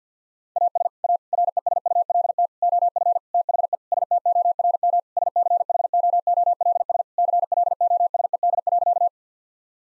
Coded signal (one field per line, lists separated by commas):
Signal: Morse code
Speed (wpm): 50 wpm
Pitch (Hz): 700 Hz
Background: none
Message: AS A RESULT OF THE STORM SCHOOLS CLOSED.